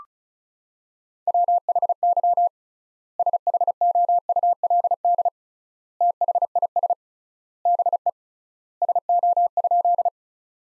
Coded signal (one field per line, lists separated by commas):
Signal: Morse code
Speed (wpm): 36 wpm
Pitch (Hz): 700 Hz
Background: none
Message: WHY SHOULD THIS BE SO?